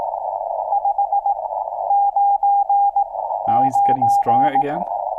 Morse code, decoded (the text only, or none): 599